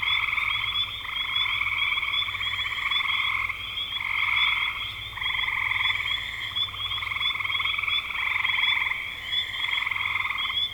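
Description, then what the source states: Frogs calling in a dense chorus of pulsed, trilling croaks, overlapping bursts of a second or two, with a steady high ringing note above. Frogs recorded in spring 2025.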